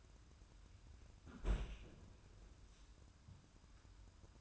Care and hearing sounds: daily activity, microphone in the room; close fridge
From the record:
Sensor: 2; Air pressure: 994.3 hPa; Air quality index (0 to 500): 212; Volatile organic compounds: 1000 ppm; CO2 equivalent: 7035 ppm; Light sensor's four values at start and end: 131/313/133/137 and 139/332/141/146

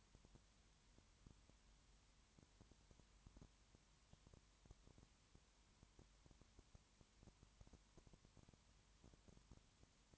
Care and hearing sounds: daily activity, microphone in the room; no activity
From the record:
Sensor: 3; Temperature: 21.1 degrees Celsius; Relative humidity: 37.0%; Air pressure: 1010.6 hPa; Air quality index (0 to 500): 204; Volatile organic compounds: 31 ppm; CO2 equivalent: 2977 ppm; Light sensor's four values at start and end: 2/3/2/2 and 2/3/2/2

